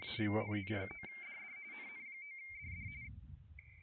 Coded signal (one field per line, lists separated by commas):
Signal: RTTY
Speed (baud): 45.45 baud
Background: speech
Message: NN9DD NN9DD